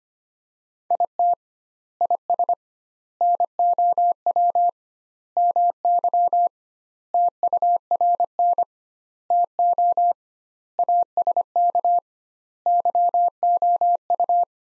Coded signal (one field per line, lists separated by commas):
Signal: Morse code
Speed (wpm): 25 wpm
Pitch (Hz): 700 Hz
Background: none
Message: IT IS NOW MY TURN TO ASK YOU